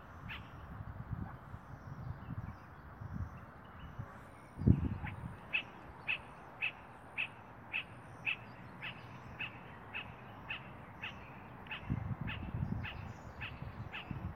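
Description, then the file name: Spot-flanked barbet giving a long run of short, evenly spaced notes about twice a second, starting after a few seconds, with low rumbling noise and a brief knock. "Tricholaema lacrymosa - Spot-flanked Barbet"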